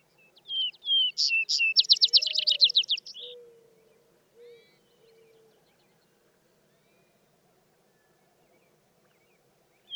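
Vesper Sparrow song: two slurred whistles, a couple of louder higher notes, then a quick trill of chips, followed by quiet with a faint low hum.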